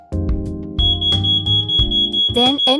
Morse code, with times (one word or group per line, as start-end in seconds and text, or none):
none